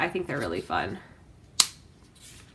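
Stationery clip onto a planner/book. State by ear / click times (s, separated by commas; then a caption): seated / 1.6 s. Someone talks, then a plastic stationery clip is clipped onto the edge of a planner or book, giving a single sharp snap at 1.6 seconds. The clip locks into place.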